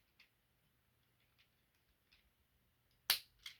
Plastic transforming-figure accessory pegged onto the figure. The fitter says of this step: and there we go so you're going to hear the click